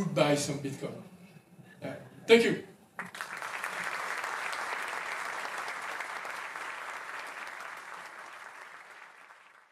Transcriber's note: applause